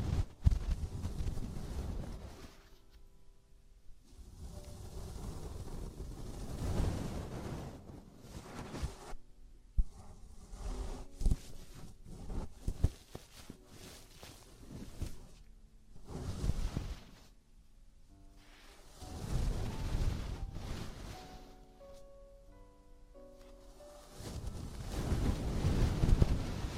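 Traditional Chinese ear cleaning and earwax removal: loud, rumbling rubs and rustles come in bursts every few seconds, muffled like brushing against the microphone. Between them, quieter scrapes and small clicks, with a few faint tones around the twenty-second mark.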